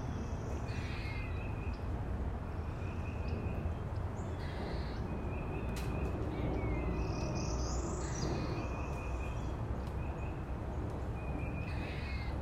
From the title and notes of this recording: Backyard noises # 3 ( no wind sounds ) beautiful crisp bird chirps, airplane flying above.